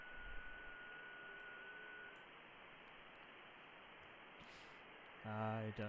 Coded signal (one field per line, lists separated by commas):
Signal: FT8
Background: speech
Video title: Ham Radio (LIVESTREAM) hunting Europe on wsjtx